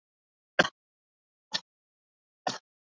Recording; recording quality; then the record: shallow voluntary cough; moderate, slight background noise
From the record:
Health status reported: COVID-19 positive, mild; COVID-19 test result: positive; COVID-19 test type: RT-PCR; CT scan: not taken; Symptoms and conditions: cough, cold, fever, hypertension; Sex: male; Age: 65 years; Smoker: no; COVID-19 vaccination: both doses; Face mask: worn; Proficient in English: no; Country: India